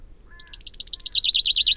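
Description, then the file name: Common Chaffinch song phrase: quick repeated high notes, first in one pattern then shifting to a downslurred series. "Fringilla coelebs"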